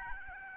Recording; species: mosquito wingbeat signal from an infrared sensor; Aedes albopictus